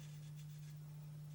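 The magazine spring and its retainer are pushed back into the magazine tube of a Beretta Outlander A300 semi-automatic shotgun during reassembly and turned to lock. Only a steady low hum and faint soft handling rustles are heard. Nothing has clicked or seated yet.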